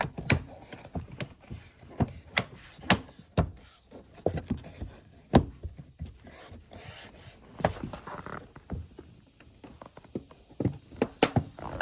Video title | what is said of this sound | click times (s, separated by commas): 2008-2013 Infiniti G37 coupe water leak troubleshooting and repairing door seal, Sunroof drain check | You hear how everything clicked in place? | 0.3 s, 2.4 s, 2.9 s, 7.7 s, 11.2 s